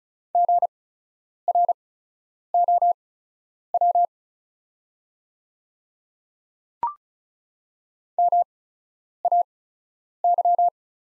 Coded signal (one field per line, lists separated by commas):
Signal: Morse code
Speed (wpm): 34 wpm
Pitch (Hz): 700 Hz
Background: none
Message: GROW MAY